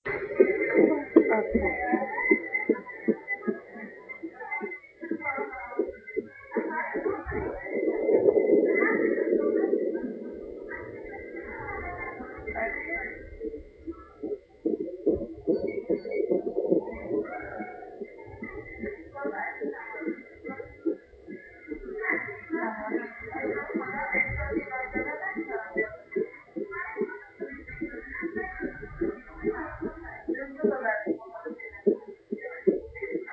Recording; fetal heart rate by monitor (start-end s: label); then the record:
fetal heart sounds by stethoscope on the mother's abdomen
0.00-10.00 s: 162 bpm
10.00-20.00 s: 147 bpm
20.00-30.00 s: 150 bpm
From the record:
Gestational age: 34 weeks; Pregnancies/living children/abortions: 4/1/2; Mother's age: 27 years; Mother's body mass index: 29.4